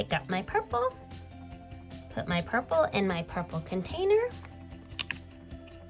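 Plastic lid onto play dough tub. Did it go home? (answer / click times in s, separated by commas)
yes / 5.1 s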